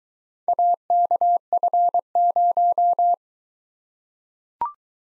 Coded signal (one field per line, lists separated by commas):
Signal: Morse code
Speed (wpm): 21 wpm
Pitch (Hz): 700 Hz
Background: none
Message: AKF0